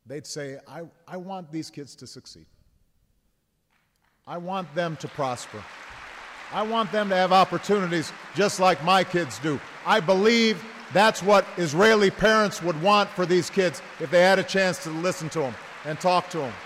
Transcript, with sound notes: they’d say, I want these kids to succeed; I want them to prosper. (Applause.) I want them to have opportunities just like my kids do. I believe that’s what Israeli parents would want for these kids if they had a chance to listen to them and talk to them.